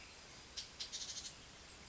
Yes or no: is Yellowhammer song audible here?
no